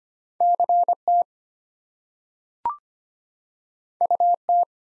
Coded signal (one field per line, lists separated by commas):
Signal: Morse code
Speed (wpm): 25 wpm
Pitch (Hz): 700 Hz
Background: none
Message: CT UT